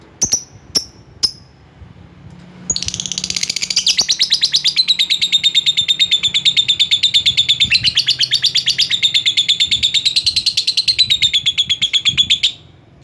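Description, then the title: Lovebird calls: a few sharp high chips, then a long rapid rattling trill, steady and shrill, lasting about ten seconds before stopping abruptly. Lovebird calling a rival. "Lovebird Memanggil Lawan"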